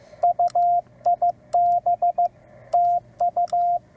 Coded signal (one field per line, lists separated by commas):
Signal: Morse code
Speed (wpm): 15 wpm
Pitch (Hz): 700 Hz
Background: radio noise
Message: UIB TU